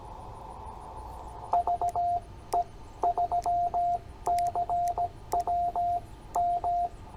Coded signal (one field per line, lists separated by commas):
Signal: Morse code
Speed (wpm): 16 wpm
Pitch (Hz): 690 Hz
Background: radio noise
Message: VE3CWM